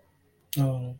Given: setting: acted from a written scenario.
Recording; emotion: vocal sound without words; romantic love